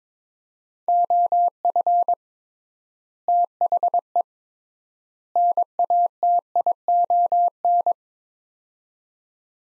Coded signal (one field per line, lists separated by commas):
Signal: Morse code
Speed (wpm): 22 wpm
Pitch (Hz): 700 Hz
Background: none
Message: OF THE NATION